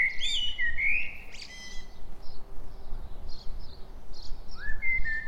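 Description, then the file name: Common blackbird singing a short fluty whistled phrase with squeaky high notes at the start, then another rising whistled phrase near the end, with low rumbling noise beneath. "Turdus merula"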